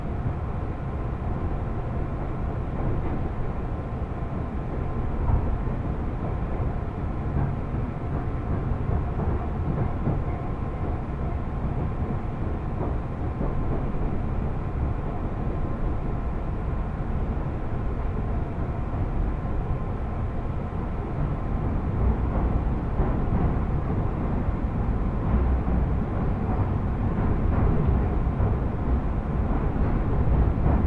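A train interior on a rail journey carries a steady, dense low rumble that runs the whole half minute without pause. Faint clicks of wheels over rail joints come through, and a thin, constant whine sits above the roar, growing slightly louder after twenty seconds.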